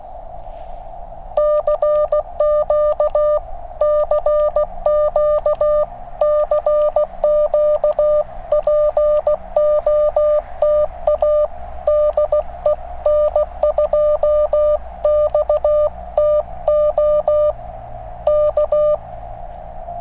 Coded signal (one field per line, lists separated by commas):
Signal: Morse code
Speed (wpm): 16 wpm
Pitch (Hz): 600 Hz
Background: music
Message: CQ CQ CQ POTA DE N2XTO K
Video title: Extreme Weather Radio! 5°F POTA Activation